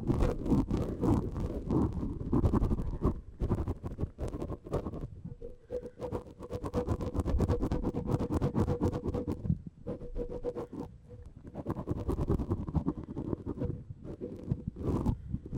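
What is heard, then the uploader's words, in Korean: A tip brush swishes over a microphone in steady, continuous strokes, making a thick, low scratchy rustle. Fine crackling ticks from the bristles run through it. The strokes ease off briefly near 5, 10 and 14 seconds before resuming. 마이크를 팁브러시로 슥슥 ASMR (feat. 라텍스장갑, no talking).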